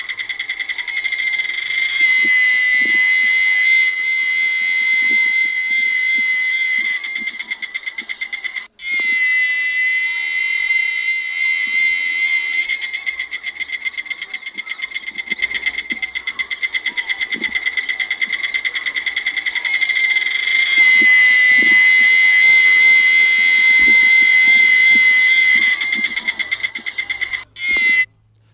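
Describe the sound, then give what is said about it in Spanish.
A loud, continuous chorus of thousands of cicadas in mesquite and palo dulce trees at San Antonio Juanacaxtle buzzes steadily at a high pitch for the whole stretch, with a brief dip in intensity partway through and no voices. “Este es el canto de las cigarras en San Antonio Juanacaxtle.”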